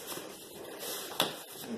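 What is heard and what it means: A plastic piece that was already pushed halfway into a Disney Minnie Mouse playard frame is pushed fully home. It gives a single sharp snap at 1.2 s and seats in place, over faint low background noise.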